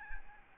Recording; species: mosquito wingbeat signal from an infrared sensor; Aedes albopictus